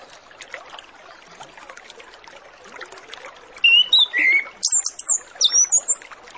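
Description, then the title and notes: Orange-headed Thrush song: after faint background chatter, a series of loud, very high, squeaky slurred notes. Lure recording of full song with fill-in phrases (isian), used to prompt Orange-headed Thrushes to start singing quickly (ngeplong). "Masteran Anis Kembang Full Isian Untuk Suara Pancingan Anis Kembang Agar Cepat Ngeplong. Suara Burung Anis Kembang"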